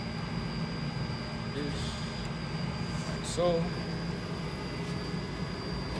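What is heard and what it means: Vinyl media is positioned under the holders while loading an Epson wide-format solvent printer, and the media loading lever is handled but has not locked into place yet; nothing has seated or clicked. Someone talks over a steady machine hum, with a brief rustling, handling sound around 3.4 seconds.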